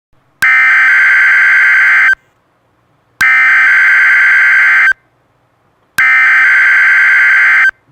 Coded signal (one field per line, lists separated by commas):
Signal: Emergency Alert System (SAME) tones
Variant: header bursts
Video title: Emergency alert system - Thunderstorm warning